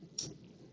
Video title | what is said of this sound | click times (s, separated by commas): Learning From The Pros - BRICKCRAFT - Bumble and Rudolph Christmas Tree - Part 2! | Okay. Okay. So, I heard a click there, too. | 0.2 s